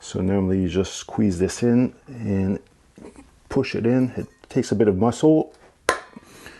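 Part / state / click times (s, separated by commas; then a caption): rear wheel spacer into motorcycle captive chain adjuster/wheel hub / seated / 5.9 s. A greased rear-wheel spacer is squeezed and pushed by hand into a TST captive chain adjuster on the swingarm and wheel hub of a Yamaha R3 motorcycle, a job that takes a bit of muscle, while someone talks. One sharp click at 5.9 s marks the spacer seating, showing it is properly installed.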